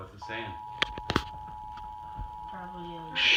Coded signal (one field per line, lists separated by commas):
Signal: Emergency Alert System (SAME) tones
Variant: 853 and 960 Hz attention tone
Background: speech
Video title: Tornado warning for San Joaquin County EAS